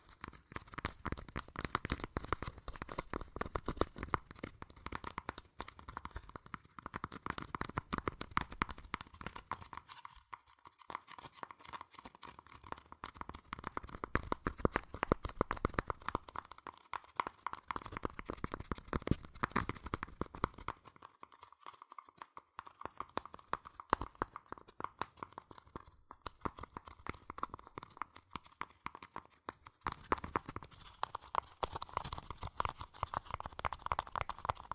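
Fast tapping, scratching and tracing on cardboard and paper, made of dense, rapid dry taps and scrapes that run almost without pause. Brief quieter gaps fall near 10, 21 and 29 seconds, and the sound turns brighter and busier in the final few seconds.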